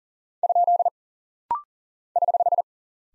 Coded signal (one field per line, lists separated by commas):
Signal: Morse code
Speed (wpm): 40 wpm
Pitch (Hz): 700 Hz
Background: none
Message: ? <HH>